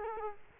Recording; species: mosquito wingbeat signal from an infrared sensor; Culex quinquefasciatus